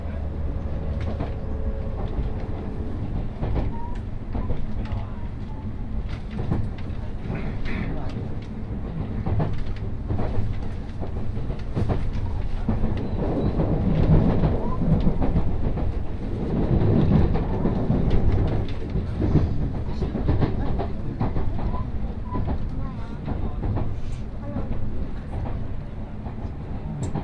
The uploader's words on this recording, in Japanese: 耳で楽しむ鉄道旅 東海道本線新快速 草津→新大阪。